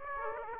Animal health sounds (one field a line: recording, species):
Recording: mosquito wingbeat signal from an infrared sensor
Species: Aedes aegypti